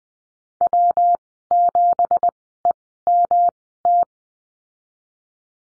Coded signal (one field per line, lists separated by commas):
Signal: Morse code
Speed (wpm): 20 wpm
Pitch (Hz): 700 Hz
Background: none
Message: W7EMT